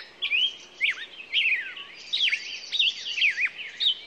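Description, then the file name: Songbird warbling in looping, slurred whistled notes over about four seconds, a faint high trill behind. Morning songbirds. "Echoes Of Nature-Morning Songbirds"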